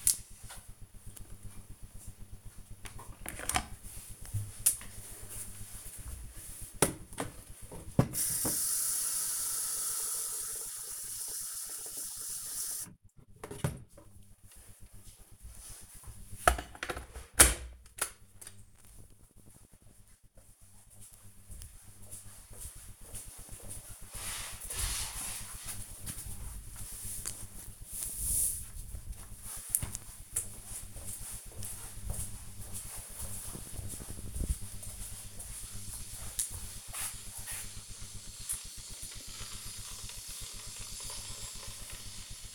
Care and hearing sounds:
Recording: household activities, microphone on the right wrist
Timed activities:
1.67-42.55 s: making tea

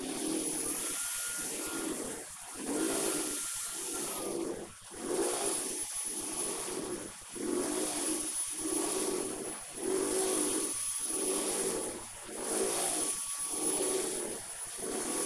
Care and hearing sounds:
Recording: household activities, microphone on the right wrist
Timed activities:
0.00-15.26 s: vacuum cleaning

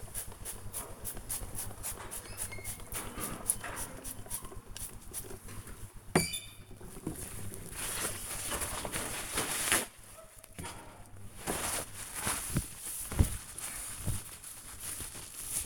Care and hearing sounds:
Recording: household activities, microphone on the right wrist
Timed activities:
0.00-15.66 s: window cleaning

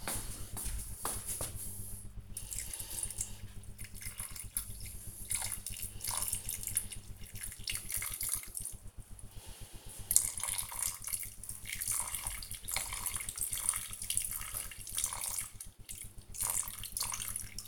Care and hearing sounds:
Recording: household activities, microphone on the right wrist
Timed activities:
0.00-17.68 s: watering plant

